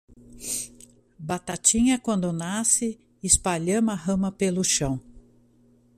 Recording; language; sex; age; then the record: short text; Brazilian Portuguese; female; 50 to 59 years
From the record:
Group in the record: control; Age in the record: 57 years